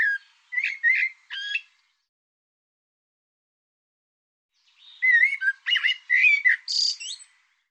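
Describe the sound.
Bird song: a few quick warbled notes, a long silence, then a busier phrase of slurred notes finishing in high squeaky tones.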